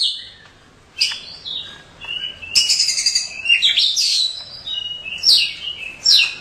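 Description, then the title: Oriental magpie-robin song: varied whistled and buzzy phrases, some rising and some falling, in bursts with short pauses between them. "Kacer. Burung"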